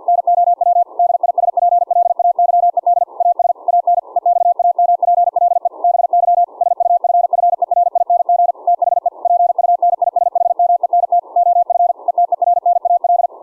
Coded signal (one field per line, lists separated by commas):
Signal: Morse code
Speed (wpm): 50 wpm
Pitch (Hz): 700 Hz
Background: none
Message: NOW DISPLAYED AS AN EXAMPLE BY SUFFERING THE PUNISHMENT OF ETERNAL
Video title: QRQ CW LAB - Testing CW KEYING of any RIG with an audio derived CW Keying Circuit(pt2-Volume)